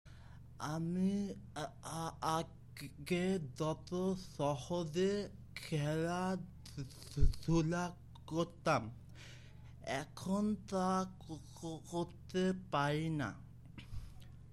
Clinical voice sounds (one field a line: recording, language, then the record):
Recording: elicited speech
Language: Bengali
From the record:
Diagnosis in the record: Broca's or global aphasia after a stroke